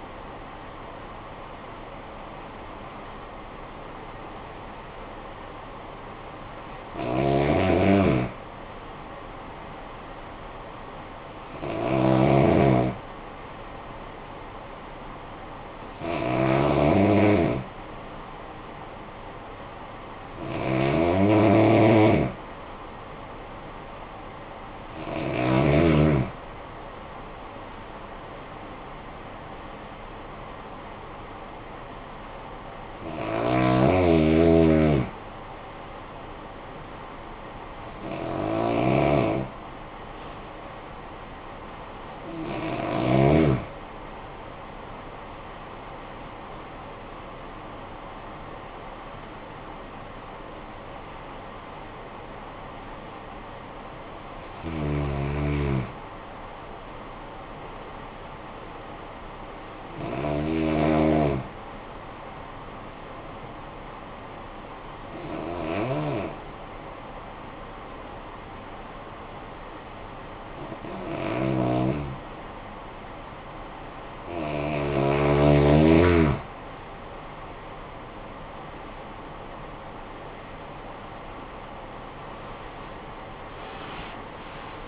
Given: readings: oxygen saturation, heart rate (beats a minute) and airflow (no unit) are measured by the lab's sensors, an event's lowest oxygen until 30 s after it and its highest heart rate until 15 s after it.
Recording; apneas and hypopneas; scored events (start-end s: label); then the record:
breathing in sleep by a voice recorder at the bedside; 3
11.00-26.30 s: hypopnea (N1, oxygen 96% highest, then 94% lowest, heart rate 52 at the start, 73 highest)
24.00-54.00 s: new sleep stage, N2 (light sleep)
37.00-46.70 s: hypopnea (N2, oxygen 94% highest, then 94% lowest, heart rate 52 at the start, 78 highest)
54.00-84.88 s: new sleep stage, N1 (lightest sleep)
57.00-73.30 s: hypopnea (N1, oxygen 97% highest, then 91% lowest, heart rate 63 at the start, 79 highest)
From the record:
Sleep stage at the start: N1 (lightest sleep); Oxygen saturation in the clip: 93 to 97%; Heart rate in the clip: 51 to 78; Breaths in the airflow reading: 19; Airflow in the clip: -17.3 to 22.9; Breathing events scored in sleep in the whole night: 445 in 7.6 hours asleep